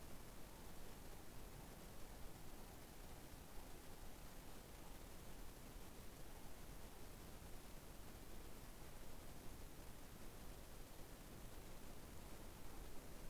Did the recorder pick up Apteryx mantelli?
no